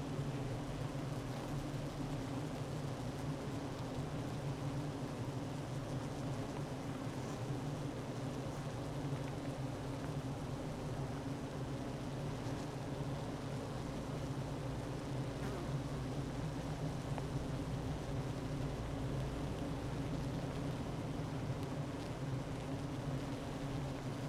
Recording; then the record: honeybee colony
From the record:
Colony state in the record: active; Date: 12 June 2018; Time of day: 9:22